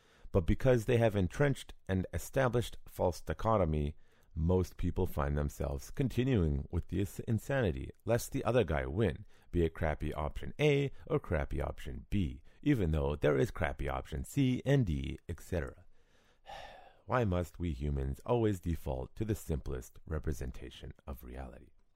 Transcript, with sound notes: but because they have an entrenched and established False Dichotomy. Most people find themselves continuing the insanity, lest the other guy win; be it crappy option A or crappy option B. Even though there is crappy option C and D, etc…
*Sigh* Why must we humans always default to the simplest representation of reality?